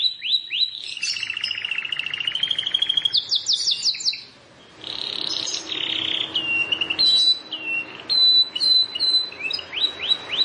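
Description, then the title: Plain prinia song mixing rising slurred notes, rapid buzzy trills and clipped whistles, with a brief pause midway. "Ciblek Sawah"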